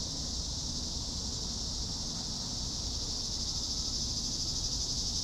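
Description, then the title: Cicadas produce a constant shrill buzzing drone, slightly intensifying later, over a low background rumble. "neoscenes: cicadas"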